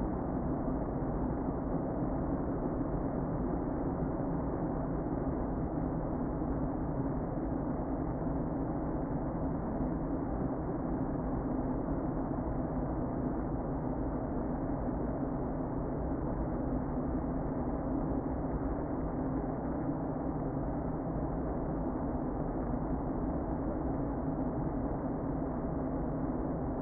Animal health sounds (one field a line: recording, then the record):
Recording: honeybee colony, microphone inside the hive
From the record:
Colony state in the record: queen present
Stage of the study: before two queens were removed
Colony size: about 60,000 bees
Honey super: yes